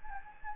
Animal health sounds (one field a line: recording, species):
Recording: mosquito wingbeat signal from an infrared sensor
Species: Anopheles gambiae